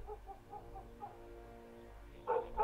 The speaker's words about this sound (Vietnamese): tiếng khóc của thằng bé con làm cho con chó vàng bị đánh thức. Cũng chõ ra ngoài mà sủa nhấm nha nhấm nhẳng.